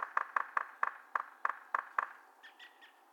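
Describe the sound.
Yellow-bellied Sapsucker drumming: sharp taps that slow to irregularly spaced knocks, then a few faint high notes.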